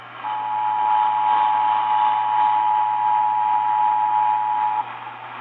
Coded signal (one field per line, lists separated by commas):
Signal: Emergency Alert System (SAME) tones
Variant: 853 and 960 Hz attention tone